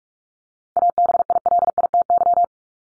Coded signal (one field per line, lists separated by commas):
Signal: Morse code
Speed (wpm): 44 wpm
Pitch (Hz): 700 Hz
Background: none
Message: ABILITY